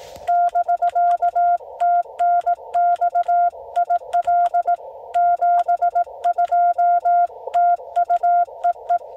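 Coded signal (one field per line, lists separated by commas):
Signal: Morse code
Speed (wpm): 18 wpm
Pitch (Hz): 700 Hz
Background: none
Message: <BK> TNX IL 72 TU EE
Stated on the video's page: QRP CW Parks on the Air activation using a Yaesu FT-891 at 5 watts, ATAS-120A antenna on a Jeep, keyed with 3D printed paddles.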